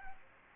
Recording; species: mosquito wingbeat signal from an infrared sensor; Aedes aegypti